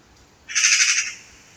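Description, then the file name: Eurasian magpie making a single short, harsh rasping chatter. "Pica pica"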